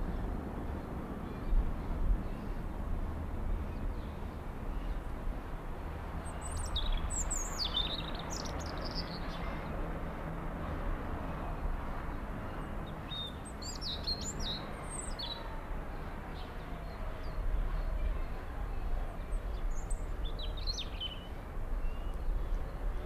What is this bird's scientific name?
Erithacus rubecula